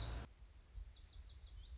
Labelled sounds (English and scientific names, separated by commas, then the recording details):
Lazuli Bunting (Passerina amoena)
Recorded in Sonoma County, California